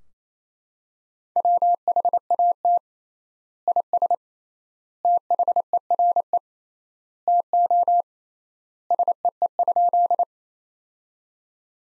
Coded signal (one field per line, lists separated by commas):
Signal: Morse code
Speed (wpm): 27 wpm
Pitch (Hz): 700 Hz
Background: none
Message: WHAT IS THERE TO SEE?